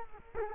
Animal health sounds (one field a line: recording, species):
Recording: mosquito wingbeat signal from an infrared sensor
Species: Culex quinquefasciatus